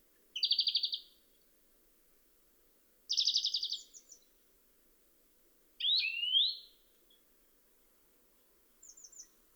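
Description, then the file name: European greenfinch with two dry, fast trilled twitters, then a wheezy rising call, ending with a few soft high chips, in an otherwise quiet setting. "Chloris chloris"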